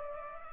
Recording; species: mosquito wingbeat signal from an infrared sensor; Culex pipiens